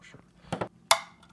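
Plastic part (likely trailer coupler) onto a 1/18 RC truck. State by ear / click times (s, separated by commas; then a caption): seated / 0.9 s. A plastic part, likely the trailer coupler going onto the hitch or the body clipping on, is pushed home on a 1/18 scale Traxxas TRX-4M RC crawler with an Injora utility trailer. Two softer knocks come at about 0.5 and 0.6 seconds, then a sharp, bright snap at 0.9 seconds as the part clicks into place and is seated.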